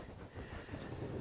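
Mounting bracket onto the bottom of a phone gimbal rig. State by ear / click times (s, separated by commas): not seated / none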